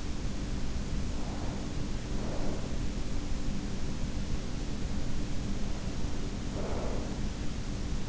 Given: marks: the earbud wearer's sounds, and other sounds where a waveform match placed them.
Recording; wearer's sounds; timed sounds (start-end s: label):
sounds in sleep by an in-ear microphone; breath
1.11-2.91 s: breath
5.71-8.09 s: breath